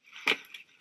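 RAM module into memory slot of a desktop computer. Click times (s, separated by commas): 0.3 s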